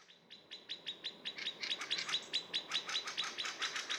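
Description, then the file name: Eurasian blackbird giving a rapid run of metallic chink calls that grows louder at first. "Turdus merula"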